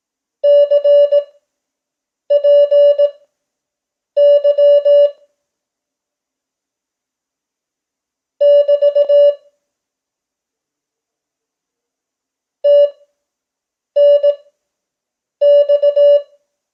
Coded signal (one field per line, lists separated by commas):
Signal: Morse code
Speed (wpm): 18 wpm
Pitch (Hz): 580 Hz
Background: none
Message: CPY <BT> TNX